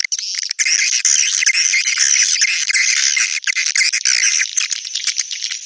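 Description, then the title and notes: Swiftlet chirping calls, a steady loud high-pitched twittering chorus with overlapping chirps and short rattles throughout. Sound used in swiftlet farming in Asia. "Swiflet Bird Sound. Farming Swiflet Bird asia sound"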